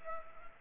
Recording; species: mosquito wingbeat signal from an infrared sensor; Culex pipiens